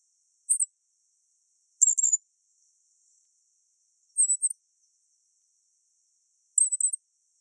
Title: LuckyPassaro Completos2Sama. Black-masked Finch (Coryphaspiza melanotis)